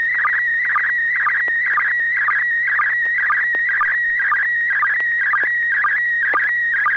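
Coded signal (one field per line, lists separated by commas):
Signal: SSTV (slow-scan television)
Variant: PD120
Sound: warbling tone around 1.9 kHz with regular short low sync blips twice a second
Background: low hum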